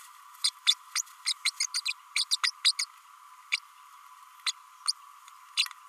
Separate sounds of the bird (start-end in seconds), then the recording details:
0.43-0.49, 0.66-0.74, 0.95-1.01, 1.25-1.33, 1.45-1.50, 1.60-1.62, 1.74-1.80, 1.85-1.93, 2.15-2.24, 2.31-2.36, 2.43-2.51, 2.64-2.72, 2.79-2.82, 3.52-3.56, 4.46-4.51, 4.87-4.92, 5.57-5.66. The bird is a female. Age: 32 days. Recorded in a nest box in Venezuela. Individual 17B32A7